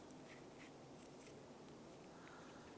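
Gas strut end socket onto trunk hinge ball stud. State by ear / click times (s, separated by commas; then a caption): not seated / none. The bottom end socket of a gas strut trunk lift support on a 2005-2007 Ford Five Hundred is lined up over the ball stud on the trunk hinge before being pushed on. Faint scratchy handling noises and light rustles sit over a steady broadband hiss. Nothing has snapped or seated yet.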